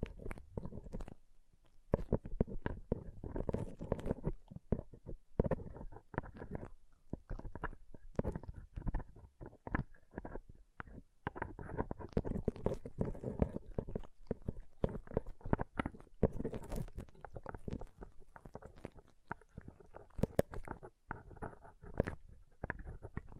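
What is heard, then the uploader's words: Pom poms rustle and crunch in dense, irregular crackling bursts that continue throughout, soft and low-heavy with brief pauses between flurries. ASMR Ultimate Pom Pom Tingles (No Talking).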